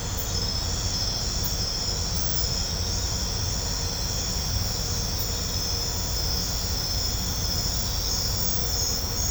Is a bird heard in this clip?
no